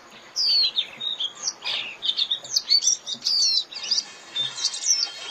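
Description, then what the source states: White-eye calls: a busy run of high, thin chirps and short slurred notes, overlapping and uneven. Lure call (mồi) used for trapping.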